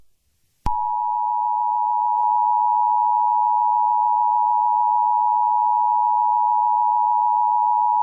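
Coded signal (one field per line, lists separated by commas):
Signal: Emergency Alert System (SAME) tones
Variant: 853 and 960 Hz attention tone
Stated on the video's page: Fictional EAS scenario using valid EAS tones.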